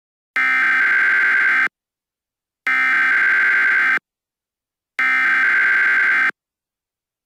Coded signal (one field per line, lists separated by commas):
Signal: Emergency Alert System (SAME) tones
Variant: header bursts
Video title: Nuclear Attack EAS Scenario